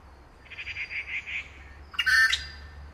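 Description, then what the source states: Grey treepie calling: a soft run of even, mid-pitched notes, then a loud, harsh, metallic burst near the end. Recorded at Yushan.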